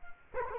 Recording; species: mosquito wingbeat signal from an infrared sensor; Culex quinquefasciatus